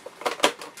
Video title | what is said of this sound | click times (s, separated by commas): Mamemeister Looks At..............Colecovision | they click into place? Oh, very good, there we go. | 0.4 s